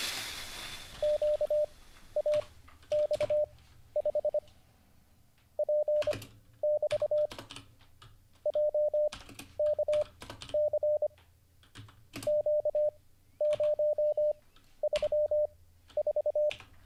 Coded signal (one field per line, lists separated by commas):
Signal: Morse code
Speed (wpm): 25 wpm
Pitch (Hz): 600 Hz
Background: none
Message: QAX5 P<BT> JKC Q034